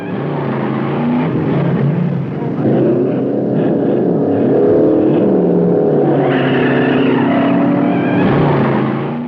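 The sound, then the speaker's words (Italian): Loud engines of an old Porsche and a modified old Buick convertible roar and rev continuously as they race off from a stop at the top of Mulholland Drive, their droning pitch climbing and shifting as they accelerate hard, with a second surge of rising engine tone near the end. “Poi ci posizionavamo a uno stop e James diceva, ok, si parte.”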